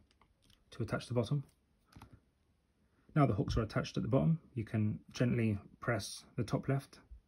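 A replacement plastic medium keycap is handled on the butterfly keyboard of a 2016–2018 MacBook Pro (A1706, A1707, A1708): its bottom hooks are already attached, and the top left corner is about to be pressed onto the retainer clip. Someone talks while a few faint handling clicks are heard. The keycap has not seated or clicked into place yet.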